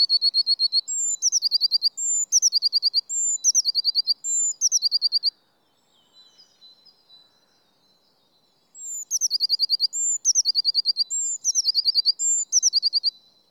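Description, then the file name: Eurasian blue tit giving repeated call phrases, each a short high whistle followed by a quick burst of clipped notes; several phrases, a soft gap, then more phrases. "Cyanistes caeruleus"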